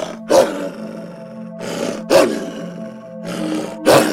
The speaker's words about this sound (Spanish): Perdí las esperanzas de salir con vida de allí, cuando, por el único camino posible, una hambrienta loba gruñía en busca de alimento.